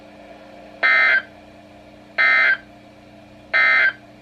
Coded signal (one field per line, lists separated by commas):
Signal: Emergency Alert System (SAME) tones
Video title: EAS #121-#122: Itty Bitty Gust Front | KHB36 & WNG736